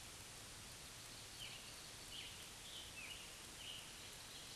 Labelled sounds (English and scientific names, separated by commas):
Scarlet Tanager (Piranga olivacea) song